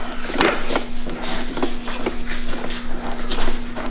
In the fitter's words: can hear a click there